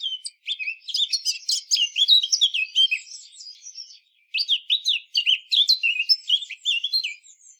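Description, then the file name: Eurasian blackcap song: two fast, rich bursts of high warbling with quick jumbled notes, split by a brief pause. "Sylvia atricapilla"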